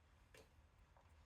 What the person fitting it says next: Snaps into place very nicely.